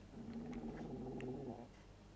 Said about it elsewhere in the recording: My stomach is doing a madness. Wow. I'm very hungry. And I had breakfast. Wow. Well, it is lunchtime.